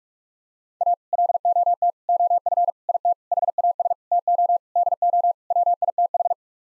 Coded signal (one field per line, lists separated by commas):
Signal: Morse code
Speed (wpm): 41 wpm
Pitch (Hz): 700 Hz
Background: none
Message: A LOT OF IT HAS TO DO WITH